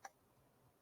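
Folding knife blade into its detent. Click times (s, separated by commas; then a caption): 0.0 s. The blade of a folding pocket knife with rubber scales is flicked so it drops into its detent. A single faint, short pop is heard at 0.05 s, followed by quiet. The blade seats in its detent, but the pop is barely audible and much weaker than on other knives.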